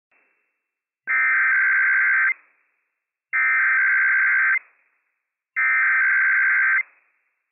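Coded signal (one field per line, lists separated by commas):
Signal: Emergency Alert System (SAME) tones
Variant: header bursts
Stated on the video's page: Operational Required Weekly Test tones issued by civil authorities for California, Nevada, Oregon and Washington.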